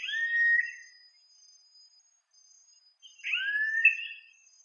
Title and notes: Carrapateiro Yellow-headed Caracara (Milvago chimachima)